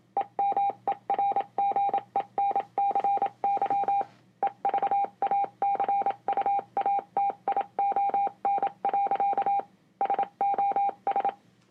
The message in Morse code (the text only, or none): EMERGENCY EVACUATION. SOS